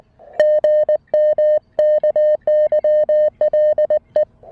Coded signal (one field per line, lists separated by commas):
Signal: Morse code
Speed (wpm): 20 wpm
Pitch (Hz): 590 Hz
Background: music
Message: GM KYLE